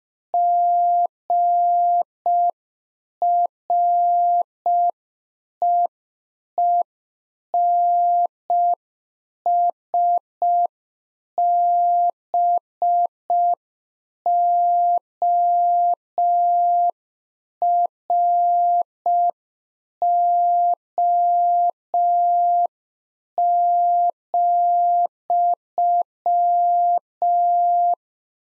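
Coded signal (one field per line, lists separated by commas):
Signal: Morse code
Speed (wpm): 5 wpm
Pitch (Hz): 700 Hz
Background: none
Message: GREENSBORO,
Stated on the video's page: Beginner practice QSO exchange (RST, QTH, name) at 5 wpm, sent in Morse, then spoken, then sent again for head-copy.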